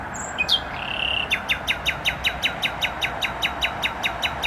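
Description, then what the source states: Nightingale song: a brief whistle and upslurred note, then a steady series of about fifteen repeated downslurred notes, with traffic noise behind. Singing in bushes beside a noisy motorway, Trasa Toruńska, Bródno-Podgrodzie, Warsaw, Poland; recorded on an Olympus LS-11.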